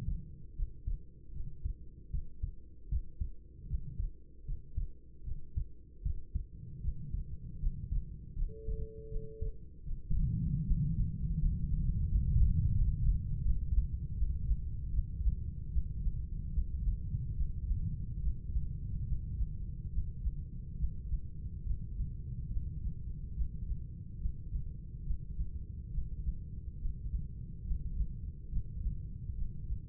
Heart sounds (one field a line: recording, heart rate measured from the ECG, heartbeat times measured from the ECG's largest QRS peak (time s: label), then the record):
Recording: heart sounds by stethoscope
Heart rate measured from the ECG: 75 bpm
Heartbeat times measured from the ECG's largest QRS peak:
0.54 s: heartbeat
1.31 s: heartbeat
2.09 s: heartbeat
2.88 s: heartbeat
3.66 s: heartbeat
4.44 s: heartbeat
5.23 s: heartbeat
6.01 s: heartbeat
6.80 s: heartbeat
7.58 s: heartbeat
8.34 s: heartbeat
9.08 s: heartbeat
9.83 s: heartbeat
10.63 s: heartbeat
11.38 s: heartbeat
12.07 s: heartbeat
12.74 s: heartbeat
13.42 s: heartbeat
14.15 s: heartbeat
14.91 s: heartbeat
15.70 s: heartbeat
16.51 s: heartbeat
17.34 s: heartbeat
18.20 s: heartbeat
19.05 s: heartbeat
19.90 s: heartbeat
20.76 s: heartbeat
21.63 s: heartbeat
22.49 s: heartbeat
23.33 s: heartbeat
24.18 s: heartbeat
25.03 s: heartbeat
25.90 s: heartbeat
26.77 s: heartbeat
27.63 s: heartbeat
28.49 s: heartbeat
29.34 s: heartbeat
From the record:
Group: healthy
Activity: rest 0-9 s, breath hold 9-30 s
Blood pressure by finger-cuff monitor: 90/56 mmHg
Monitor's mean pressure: 69 mmHg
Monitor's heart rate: 74 bpm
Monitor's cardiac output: 6.3 L/min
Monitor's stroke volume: 84 mL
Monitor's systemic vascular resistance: 790 dyn s/cm5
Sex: female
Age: 26 years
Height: 165 cm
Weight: 55 kg